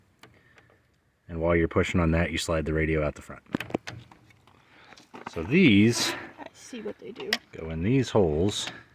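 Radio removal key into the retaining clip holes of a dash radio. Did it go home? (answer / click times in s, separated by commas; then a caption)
no / none. Metal radio removal keys are being handled at the holes on the face of the factory radio in a 1997 Ford Explorer, where they push in the retaining tabs. Someone talks throughout, with a few light taps and a quick burst of sharp metallic ticks around 3.6 to 3.9 seconds. The keys have not yet clicked into place and nothing has seated yet.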